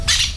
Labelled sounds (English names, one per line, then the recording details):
Brown-throated Parakeet contact call
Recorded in Venezuela
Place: PN Cerro Saroche, Tierras del Sr. Polo, Edo. Lara
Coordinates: 10.171, -69.518